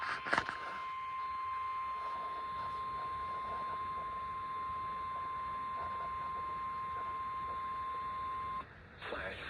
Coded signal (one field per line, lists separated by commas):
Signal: Emergency Alert System (SAME) tones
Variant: 1050 Hz attention tone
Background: speech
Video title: EAS ALERTS 5713-5721 05/17-18/24